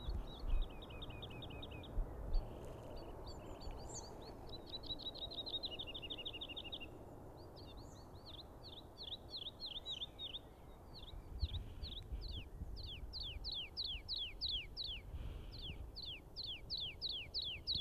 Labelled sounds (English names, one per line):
Wood Lark song